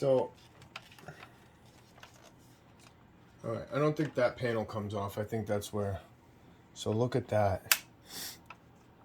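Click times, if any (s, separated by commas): 8.5 s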